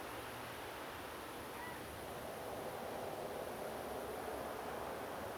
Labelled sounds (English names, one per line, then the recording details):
Grey Heron
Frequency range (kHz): Grey Heron 0.8-2.1 kHz
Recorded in France